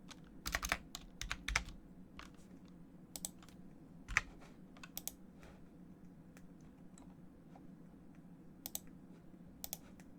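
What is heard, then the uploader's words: Keyboard typing comes in irregular clicks and short bursts, busiest in the first two seconds, then sparser taps around four and five seconds and again near nine and ten. A steady low hum runs underneath throughout. ASMR Keyboard sounds & mouse sounds No Talking.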